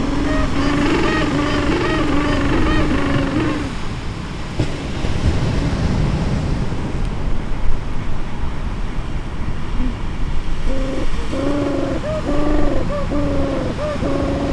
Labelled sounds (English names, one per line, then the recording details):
Gentoo Penguin
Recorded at the colony at Fort Point, Antarctica, on 25 December 2014
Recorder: Song Meter SM2+